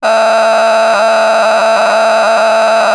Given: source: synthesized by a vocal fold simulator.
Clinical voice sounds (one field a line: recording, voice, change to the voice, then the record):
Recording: sustained vowel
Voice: female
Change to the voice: a random mix of aspiration noise, stiffness perturbation and strain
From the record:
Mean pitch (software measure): 221 Hz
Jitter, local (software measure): 4.24%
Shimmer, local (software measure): 9.3%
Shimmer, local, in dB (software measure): 0.71 dB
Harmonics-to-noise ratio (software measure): 7.5 dB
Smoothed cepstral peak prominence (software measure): 10.4 dB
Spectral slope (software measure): -15.8 dB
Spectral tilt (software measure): -8.8 dB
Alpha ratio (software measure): -6.4 dB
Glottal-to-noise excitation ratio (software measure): 0.914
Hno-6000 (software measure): 1.6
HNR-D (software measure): 26.8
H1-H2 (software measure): -4.1 dB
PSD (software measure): 1.4e-03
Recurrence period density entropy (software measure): 0.129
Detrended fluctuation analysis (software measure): 0.0096